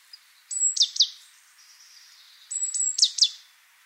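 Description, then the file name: Great tit calls: two phrases, each a sharp high whistle followed by two rasping, falling notes, with faint thin notes in between. "Parus major"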